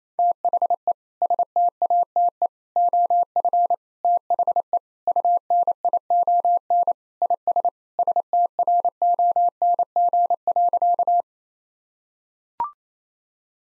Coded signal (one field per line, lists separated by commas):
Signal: Morse code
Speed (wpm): 28 wpm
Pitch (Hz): 700 Hz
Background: none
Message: THE STATE OF THE UNION IS STRONG.